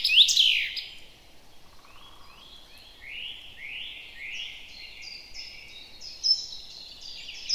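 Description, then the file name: Common chaffinch song ending in a brief loud flourish at the start, followed by a quieter series of descending slurred notes. "Fringilla coelebs"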